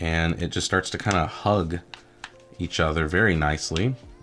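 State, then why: Not seated. The two halves of a rugged plastic SUPCASE Unicorn Beetle Pro case are being pushed together around a Samsung Galaxy S24 Ultra phone while someone talks over music playing underneath. Nothing has seated or clicked yet; the case halves are handled but not yet snapped home.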